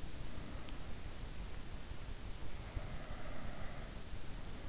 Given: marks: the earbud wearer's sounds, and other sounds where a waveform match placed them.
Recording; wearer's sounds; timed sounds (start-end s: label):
sounds in sleep by an in-ear microphone; breath
2.48-3.59 s: breath